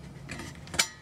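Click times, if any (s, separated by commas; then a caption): 0.8 s. The protruding end of a metal retaining clip on a shear pin is pushed through the auger shaft of a Troy-Bilt Vortex Tracker 2890 snowblower, with faint handling sounds leading up to it. A sharp, bright click at 0.8 s marks the clip locking into the center section of the shaft, and the clip is seated.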